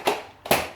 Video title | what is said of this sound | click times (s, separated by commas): Stryfe M4 Carry Handle Kit | locks into place | 0.5 s